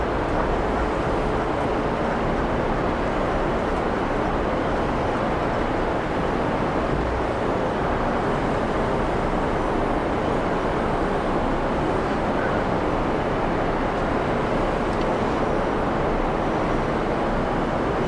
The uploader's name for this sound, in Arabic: أجواء المكوك الفضائي